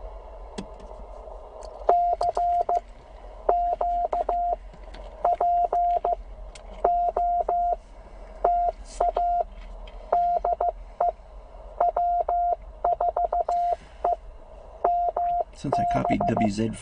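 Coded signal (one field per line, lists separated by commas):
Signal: Morse code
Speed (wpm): 15 wpm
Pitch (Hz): 700 Hz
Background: speech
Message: CQ POTA DE W4EMB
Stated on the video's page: CW call sign copy practice from an outdoor operation, plainly a Penntek TR45L radio with a Bamatech TP III key on battery.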